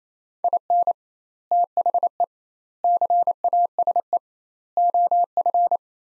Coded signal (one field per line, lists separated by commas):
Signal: Morse code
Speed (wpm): 28 wpm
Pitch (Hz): 700 Hz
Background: none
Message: IN THE CASE OF